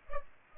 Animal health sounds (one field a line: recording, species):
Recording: mosquito wingbeat signal from an infrared sensor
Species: Culex pipiens